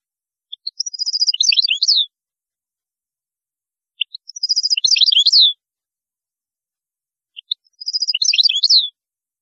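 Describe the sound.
European goldfinch song, the same phrase repeated three times about every three and a half seconds: a few lead-in chips, a fast tinkling trill and descending liquid twitters.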